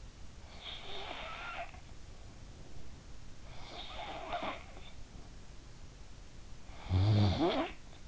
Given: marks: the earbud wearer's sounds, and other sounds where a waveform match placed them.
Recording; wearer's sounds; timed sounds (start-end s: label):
sounds in sleep by an in-ear microphone; snoring breath
0.00-2.25 s: snoring breath
3.08-4.93 s: snoring breath
6.57-8.07 s: snoring breath